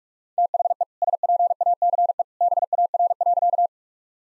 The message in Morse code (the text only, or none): THE SPACE BAR.